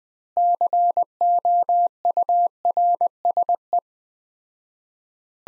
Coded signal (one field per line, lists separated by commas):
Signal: Morse code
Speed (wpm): 21 wpm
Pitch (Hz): 700 Hz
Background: none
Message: COURSE